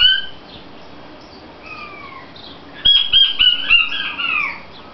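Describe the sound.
King quail giving high, piping whistles that slide downward, ending in a quick series of descending notes over a steady hiss.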